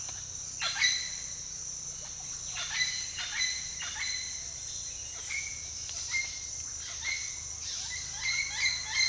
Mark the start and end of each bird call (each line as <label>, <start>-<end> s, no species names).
bird call, 0.54-4.54 s
bird call, 6.82-9.09 s